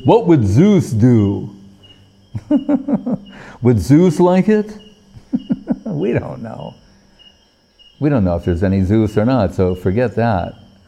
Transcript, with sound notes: what would Zeus do?” [laughing] “Would Zeus like it?” [laughing] We don't know. We don't know if there's any Zeus or not, so forget that.